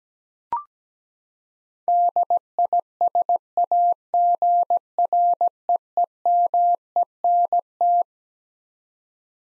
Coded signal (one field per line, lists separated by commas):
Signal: Morse code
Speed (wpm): 17 wpm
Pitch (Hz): 700 Hz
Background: none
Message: DISAGREEMENT